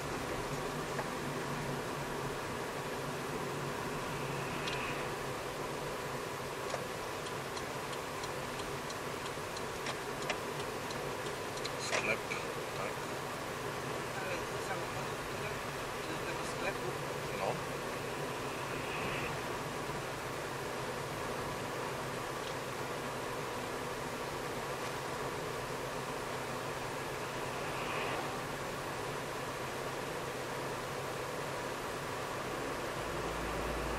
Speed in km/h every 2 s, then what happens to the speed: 48, 48, 48, 49, 48, 49, 50, 50, 50, 51, 51, 51, 51, 51, 52, 53, 55.
0-26 steady at about 50.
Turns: none.